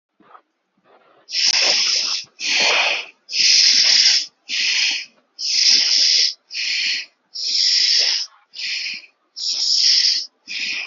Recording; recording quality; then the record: deep breathing; excellent, no background noise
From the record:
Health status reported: healthy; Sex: male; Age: 24 years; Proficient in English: yes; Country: India